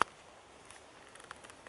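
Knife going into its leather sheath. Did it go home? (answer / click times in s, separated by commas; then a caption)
yes / 0.0 s. A Hultafors HVK GH knife, reworked by its owner, is pushed into its stiff cowhide leather sheath and snaps home with a sharp click at 0.0 s. Several much fainter small ticks follow over the next second and a half. The knife is seated in the sheath.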